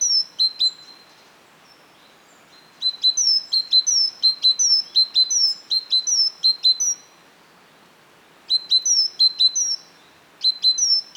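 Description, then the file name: Great tit repeating high, bright two-note phrases in fast runs, separated by quiet gaps. "Parus major"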